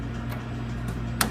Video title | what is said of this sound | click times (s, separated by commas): How to set up a fryer filter machine | sure it's connected you're going to hear it click so | 1.2 s